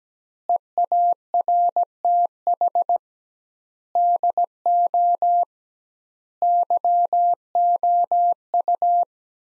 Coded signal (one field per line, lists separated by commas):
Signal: Morse code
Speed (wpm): 17 wpm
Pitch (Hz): 700 Hz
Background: none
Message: EARTH DO YOU